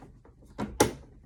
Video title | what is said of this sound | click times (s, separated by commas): EMBROIDERY 101 ON THE BROTHER PE800‼️-LEARN TO EMBROIDER WITH ME 💪🏽 | There you go. That's how you know it's on. | 0.8 s